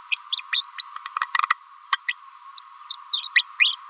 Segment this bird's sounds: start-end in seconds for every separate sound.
0.11-0.16, 0.32-0.41, 0.52-0.65, 0.78-0.85, 1.92-1.98, 2.07-2.14, 3.13-3.29, 3.35-3.43, 3.58-3.76